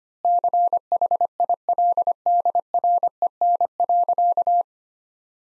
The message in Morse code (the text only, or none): CHILDREN.